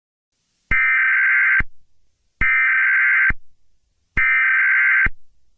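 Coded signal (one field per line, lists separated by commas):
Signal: Emergency Alert System (SAME) tones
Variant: header bursts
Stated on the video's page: Fictional EAS scenario based on a Jurassic Park novel.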